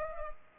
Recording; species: mosquito wingbeat signal from an infrared sensor; Culex pipiens